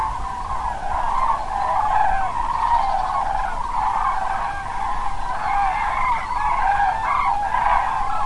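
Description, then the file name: Cranes calling in a dense flock chorus of overlapping trumpeting and rolling calls that continue without a break throughout. "GRULLAS"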